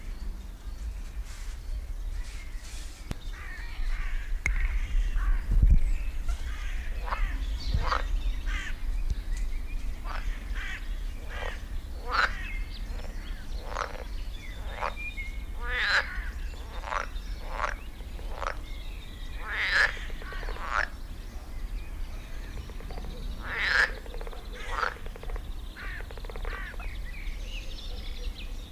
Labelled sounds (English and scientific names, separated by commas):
Edible Frog (Pelophylax esculentus) call